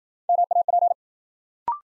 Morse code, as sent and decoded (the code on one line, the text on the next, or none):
-- .- .--.
MAP